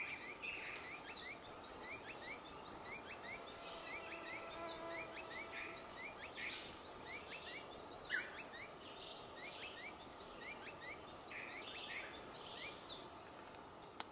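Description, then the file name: Dusky-throated hermit delivering a long, monotonous string of thin squeaky notes roughly once per second, with lower chirps mixed in and steady background hiss. "Rabo branco pequeno"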